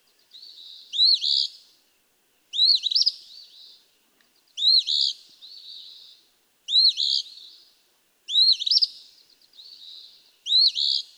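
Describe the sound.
Eastern Phoebe singing its burry, hoarse phrase over and over, each preceded by a faint buzz, six phrases in all.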